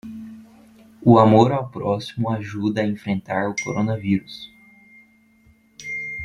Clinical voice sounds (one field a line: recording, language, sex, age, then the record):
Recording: spoken sentence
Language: Brazilian Portuguese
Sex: male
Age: 20 to 29 years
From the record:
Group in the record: control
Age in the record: 20 years